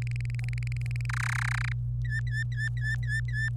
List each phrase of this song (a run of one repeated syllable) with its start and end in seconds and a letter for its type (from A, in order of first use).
0.02-1.06 A, 1.09-1.72 B, 2.04-3.49 C